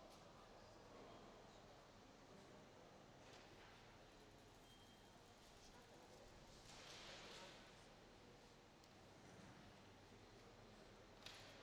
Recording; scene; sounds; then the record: everyday scene through a hearing-aid microphone; reverberant space; background noise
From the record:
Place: railway station hall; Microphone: in the ear canal, left